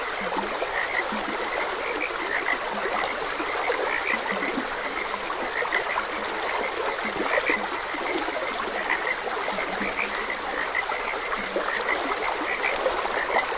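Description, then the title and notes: Frog chorus with quick, repeated high chirps and scattered low croaks, set against a continuous babbling stream. Frogs croaking beside a gentle stream. "Frogs Croaking. Sleep and Relaxation Podcast"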